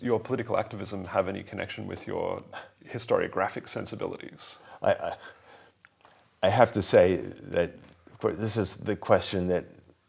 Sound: none